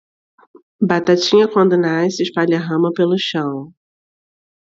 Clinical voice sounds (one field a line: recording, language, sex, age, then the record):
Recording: short text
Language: Brazilian Portuguese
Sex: female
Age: 40 to 49 years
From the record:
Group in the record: control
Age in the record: 41 years